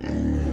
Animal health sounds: pig call; growing-finishing pig (85 days or more)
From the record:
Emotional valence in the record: negative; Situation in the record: barren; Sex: female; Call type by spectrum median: low-frequency call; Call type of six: low-frequency modulated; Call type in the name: low-frequency modulated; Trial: 1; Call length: 0.53 s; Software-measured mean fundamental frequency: 42 Hz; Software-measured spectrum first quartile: 93 Hz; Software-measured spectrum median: 205 Hz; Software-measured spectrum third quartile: 335 Hz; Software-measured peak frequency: 292 Hz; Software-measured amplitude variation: 154 dB a second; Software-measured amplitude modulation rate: 34.7 a second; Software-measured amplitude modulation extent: 4.4 dB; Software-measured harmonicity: -1.4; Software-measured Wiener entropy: -0.76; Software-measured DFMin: 1257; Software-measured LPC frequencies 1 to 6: 287, 1823, 2851, 4781, 6204, 8807 Hz

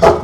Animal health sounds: pig call; growing-finishing pig (85 days or more)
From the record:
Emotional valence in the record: positive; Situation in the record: run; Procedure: transit

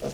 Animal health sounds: pig call; piglet (1 to 25 days)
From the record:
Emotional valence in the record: positive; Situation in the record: after nursing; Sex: male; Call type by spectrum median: low-frequency call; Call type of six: low-frequency stable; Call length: 0.14 s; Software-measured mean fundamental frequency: 50 Hz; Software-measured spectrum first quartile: 352 Hz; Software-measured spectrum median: 587 Hz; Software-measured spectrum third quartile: 1475 Hz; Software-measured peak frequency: 485 Hz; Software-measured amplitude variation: 132 dB a second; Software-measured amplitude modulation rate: 10.7 a second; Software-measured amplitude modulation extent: 12.3 dB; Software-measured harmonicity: 1.4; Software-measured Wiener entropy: -1.66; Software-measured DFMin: 728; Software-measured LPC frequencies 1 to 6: 545, 2681, 4326, 5094, 5901, 6612 Hz

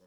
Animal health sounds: pig call; piglet (1 to 25 days)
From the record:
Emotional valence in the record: positive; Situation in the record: reunion after long isolation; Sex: male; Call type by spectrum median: low-frequency call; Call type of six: low-frequency tonal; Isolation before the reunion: 8 minutes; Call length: 0.06 s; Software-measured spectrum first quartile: 406 Hz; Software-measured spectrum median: 670 Hz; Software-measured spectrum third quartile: 4288 Hz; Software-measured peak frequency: 543 Hz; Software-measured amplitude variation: 4 dB a second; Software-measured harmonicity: 1.6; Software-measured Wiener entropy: -3.01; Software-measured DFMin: 876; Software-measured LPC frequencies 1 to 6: 521, 3147, 4032, 5349, 6941, 7908 Hz

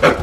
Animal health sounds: pig call; growing-finishing pig (85 days or more)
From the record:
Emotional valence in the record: positive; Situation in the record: run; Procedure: transit

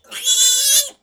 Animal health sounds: pig call; piglet (1 to 25 days)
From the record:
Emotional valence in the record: negative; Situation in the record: restrain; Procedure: back test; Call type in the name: high-frequency call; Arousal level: medium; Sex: male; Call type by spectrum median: high-frequency call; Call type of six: high-frequency stable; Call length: 1.03 s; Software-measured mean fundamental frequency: 503 Hz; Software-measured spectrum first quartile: 4234 Hz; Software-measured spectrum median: 6426 Hz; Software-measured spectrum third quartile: 8484 Hz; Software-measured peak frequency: 3432 Hz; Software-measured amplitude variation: 141 dB a second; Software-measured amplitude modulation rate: 14.6 a second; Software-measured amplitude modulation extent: 9.7 dB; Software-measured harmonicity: 7.8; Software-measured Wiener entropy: -2.37

